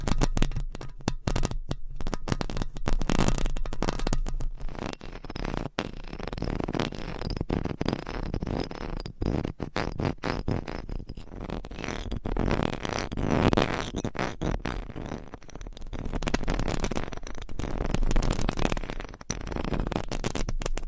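Mic scratching in dense, rough bursts runs throughout, with brief dropouts and a steady low hum underneath, swelling louder near the end.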